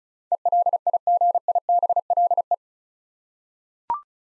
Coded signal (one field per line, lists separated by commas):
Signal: Morse code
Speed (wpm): 36 wpm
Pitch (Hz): 700 Hz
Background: none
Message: ELIGIBLE